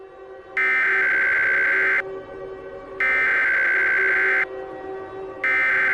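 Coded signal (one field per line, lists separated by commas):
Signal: Emergency Alert System (SAME) tones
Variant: header bursts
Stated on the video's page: Fictional EAS scenario using valid SAME headers that can trigger emergency alert equipment.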